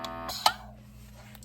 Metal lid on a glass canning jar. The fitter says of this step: All right, did you hear it pop?